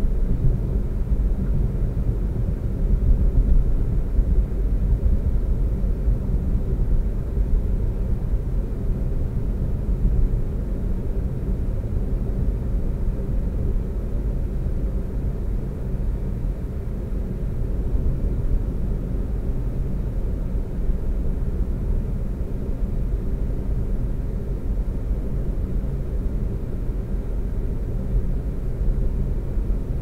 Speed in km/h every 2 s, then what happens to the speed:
66, 66, 66, 66, 66, 66, 66, 66, 66, 66, 66, 66, 66, 66, 66.
0-30 steady at about 66.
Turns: none.